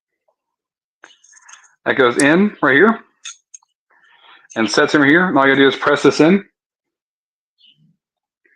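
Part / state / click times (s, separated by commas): leaf spring into folding knife handle / seated / 8.5 s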